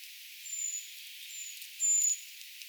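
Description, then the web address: Eurasian treecreeper calls, three thin, very high drawn-out whistles, the last one loudest, over faint ticking background noise. A brood of young birds calling; recorded 4 June 2025; identification tentative. "paivat 4 6 2025 tietaakseni puukiipijapesueen aantelya"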